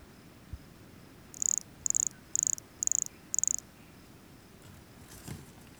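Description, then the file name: Pumpkin toadlet call: five very high, buzzy pulsed notes evenly spaced about half a second apart, then quiet background hiss. Recorded near Jurupara dam on 29 September 2016; voucher specimens kept. "MHNCI Brachycephalus sulfuratus near Jurupara dam voucher MHNCI 29 set 2016 MRBornschein"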